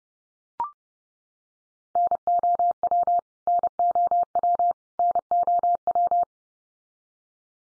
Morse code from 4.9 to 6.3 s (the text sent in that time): NOW